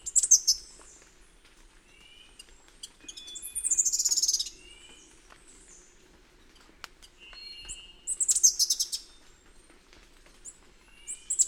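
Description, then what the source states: Bird calling: loud high trilled bursts recurring several times, with thin whistled notes between and a faint steady hum below. Birds of the Costa Rican cloud forest, Costa Rica.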